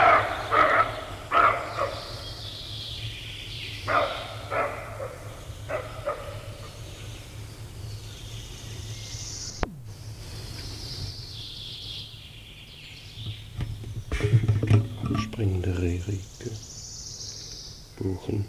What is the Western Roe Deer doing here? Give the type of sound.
barking